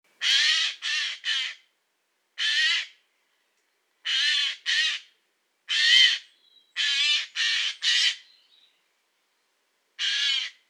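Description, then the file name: Eurasian jay screeching repeatedly, hoarse raspy calls in short clusters of one to three, spread irregularly across the recording with brief silences between. "Garrulus glandarius"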